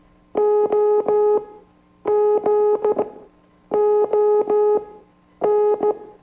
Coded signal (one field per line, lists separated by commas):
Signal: Morse code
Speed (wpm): 15 wpm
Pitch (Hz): 420 Hz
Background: music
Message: O G O N